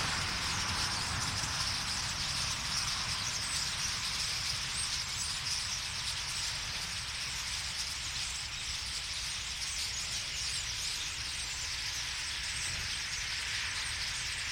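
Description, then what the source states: Common starling flock giving a steady wall of mixed squeaks, clicks and twitters, unbroken throughout, with a low traffic-like rumble underneath. Flock singing in a tree; cars in background; Boldixumstieg, Nieblum, Germany; Zoom H3-VR ambisonic recording rendered binaural.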